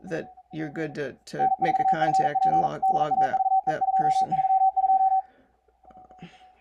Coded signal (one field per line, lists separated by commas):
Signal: Morse code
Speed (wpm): 42 wpm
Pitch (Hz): 760 Hz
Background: speech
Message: N4FP DAVE 232